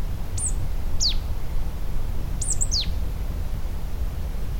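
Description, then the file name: Marsh tit giving sharp, high, falling call notes: one, another, then a quick cluster, over a low continuous rumble. "Poecile palustris"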